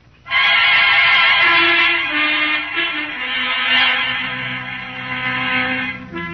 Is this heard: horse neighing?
yes